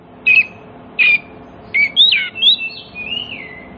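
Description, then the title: Oriental magpie-robin singing clear whistled notes, two separate short whistles followed by a rising phrase and a long slurred descending whistle. Song of a magpie-robin played as a lure to prompt other magpie-robins to start singing within minutes, aimed at birds that have stopped singing. "Cukup Hitungan Menit Kacer Lain Bisa Bunyi. CUKUP 5 Menit Kacer LAIN NYAUT JADI GACOR, PANCINGAN KACER MACET BUNYI"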